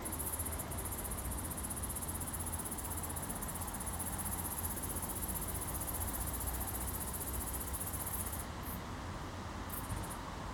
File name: 2 crickets chirping during a summer evening in the city